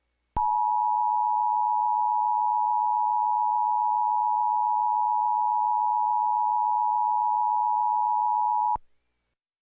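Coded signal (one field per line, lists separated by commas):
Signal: Emergency Alert System (SAME) tones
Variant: 853 and 960 Hz attention tone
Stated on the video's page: Fictional EAS scenario.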